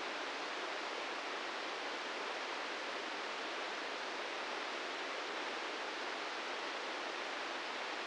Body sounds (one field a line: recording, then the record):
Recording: brain microelectrode recording played as sound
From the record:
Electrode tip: inside the subthalamic nucleus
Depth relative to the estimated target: -4 mm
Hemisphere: left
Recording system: NeuroSet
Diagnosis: Parkinson's disease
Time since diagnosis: 13 years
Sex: male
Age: 66 years